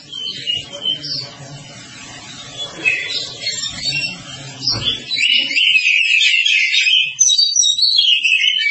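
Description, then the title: Oriental magpie-robin song, scattered quieter notes over low rumbling background noise at first, then a sustained stream of loud, varied warbled whistles in the second half. "Kacer"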